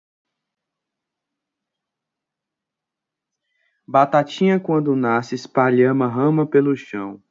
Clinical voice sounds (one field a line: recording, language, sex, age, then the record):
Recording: short text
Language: Brazilian Portuguese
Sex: male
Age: 40 to 49 years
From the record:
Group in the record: control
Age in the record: 44 years